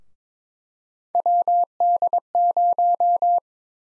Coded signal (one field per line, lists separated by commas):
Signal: Morse code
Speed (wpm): 22 wpm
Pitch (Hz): 700 Hz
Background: none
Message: WD0